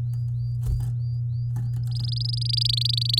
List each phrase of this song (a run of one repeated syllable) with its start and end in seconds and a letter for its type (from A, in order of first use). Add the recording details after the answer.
1.91-3.19 A. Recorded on 9 May 2018 at 11:46. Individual llb16